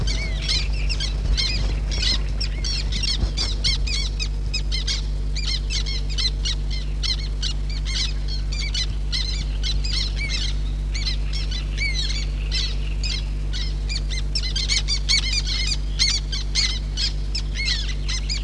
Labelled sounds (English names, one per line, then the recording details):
Black Tern call
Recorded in the wild
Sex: group
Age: diverse
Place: Petershain, Niederlausitz, Sachsen, DE
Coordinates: 51.3167, 14.7514
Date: 1963-06-10
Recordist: Meyer, Hugo